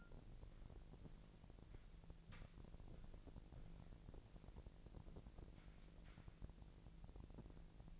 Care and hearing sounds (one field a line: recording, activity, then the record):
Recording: daily activity, microphone in the room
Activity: walk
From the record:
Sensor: 5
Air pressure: 1002.1 hPa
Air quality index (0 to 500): 242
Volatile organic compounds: 28 ppm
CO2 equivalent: 2904 ppm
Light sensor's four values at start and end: 32/76/32/34 and 32/76/32/35